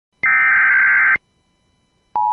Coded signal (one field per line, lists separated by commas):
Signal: Emergency Alert System (SAME) tones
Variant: header bursts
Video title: (Read Description) (Very Rare) North Carolina Blue Alert (CEM) on WJON (EAS #1609)